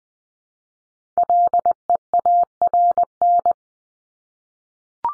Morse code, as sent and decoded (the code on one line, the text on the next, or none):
.-.. . .- .-. -.
LEARN